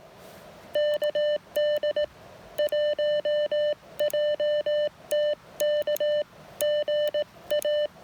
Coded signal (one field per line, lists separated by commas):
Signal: Morse code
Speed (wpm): 20 wpm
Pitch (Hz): 600 Hz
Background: none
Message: KD1JTK GA